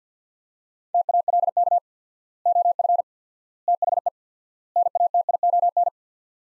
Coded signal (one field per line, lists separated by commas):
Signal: Morse code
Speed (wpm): 50 wpm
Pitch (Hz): 700 Hz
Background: none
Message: TALK OF THE NATION